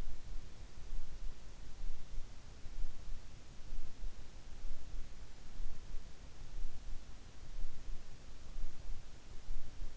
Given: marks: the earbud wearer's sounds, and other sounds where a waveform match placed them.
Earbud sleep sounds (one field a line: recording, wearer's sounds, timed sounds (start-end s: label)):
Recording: sounds in sleep by an in-ear microphone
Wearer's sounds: teeth grinding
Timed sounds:
0.00-0.26 s: teeth grinding